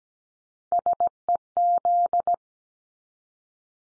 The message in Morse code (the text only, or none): SEZ